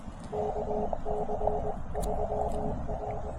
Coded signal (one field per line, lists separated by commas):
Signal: Morse code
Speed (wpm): 20 wpm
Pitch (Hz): 420 Hz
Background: none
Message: KC3R